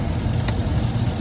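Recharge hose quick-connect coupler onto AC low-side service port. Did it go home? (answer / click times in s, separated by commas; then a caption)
yes / 0.5 s. With a truck engine running underneath, the quick-connect coupler of a refrigerant recharge hose is pushed onto the metal low-pressure service port of the AC system on a 2007–2013 Chevy 2500HD 6.0 Vortec / GMC Sierra 2500HD–3500HD. A single sharp snap at 0.5 s marks the coupler seating on the low-side port, ahead of recharging a system that is really low.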